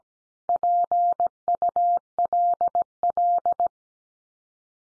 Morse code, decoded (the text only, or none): PULL